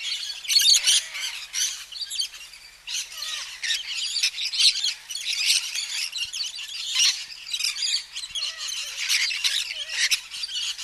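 Little corella flock calling, a dense continuous chorus of harsh screeches and squawks with many birds overlapping throughout.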